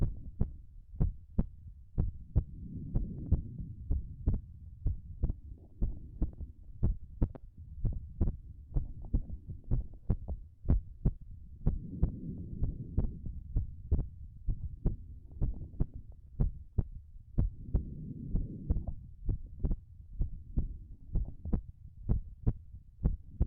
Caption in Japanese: ママの心臓の音、さっきよりもはっきり聞こえるよね。